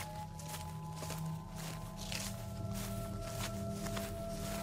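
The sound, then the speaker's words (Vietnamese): A person's footsteps crunch on dry leaves in a steady series of rustling steps, roughly two per second, over a constant low hum with no voices. “Tiếng chân người dẫm lên lá cây lạo xạo vang lên mỗi lúc một gần.”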